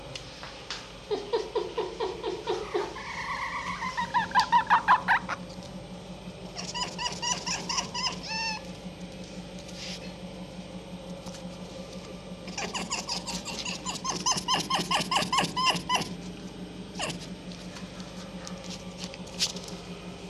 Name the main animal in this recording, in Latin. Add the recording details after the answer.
Vulpes vulpes. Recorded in captivity. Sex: diverse. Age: diverse. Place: Zoologisches Institut der HUB, Berlin, DE. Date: 1956-05-19 14:15. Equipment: Elmetra. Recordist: Tembrock, Günter. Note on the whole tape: Molly-Welpe Weibchen: Winseln - Bellserie; Molly (mit Welpen): Muffen ohne Fleisch; Molly-Welpe Männchen: Bellserie; Molly: Muffen ohne Fleisch (die winselnden Laute hinter der geschlossenen Tür, die reinen Mufflaute direkt bei dem Welpen); Molly-Welpe Männchen: Muffen ohne Fleisch - Bellserie, Molly: Muffen ohne Fleisch; Molly-Welpe Weibchen: Winseln - Bellserie; Molly-Welpe Weibchen: Bellserie, Muffen ohne Fleisch